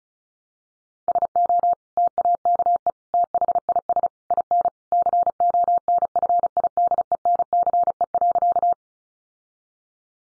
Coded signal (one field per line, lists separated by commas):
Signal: Morse code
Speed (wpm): 34 wpm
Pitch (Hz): 700 Hz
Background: none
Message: SO TAKE THIS IN CONFIDENCE.